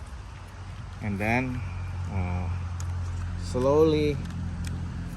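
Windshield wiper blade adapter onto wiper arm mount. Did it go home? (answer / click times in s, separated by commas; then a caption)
yes / 4.7 s. On a Chevy Caprice PPV, someone talks while the windshield wiper blade's plastic adapter is slowly pushed onto the wiper arm mount over a low, steady hum. A short, sharp click at 4.7 s marks the adapter latching into place, and it is confirmed seated.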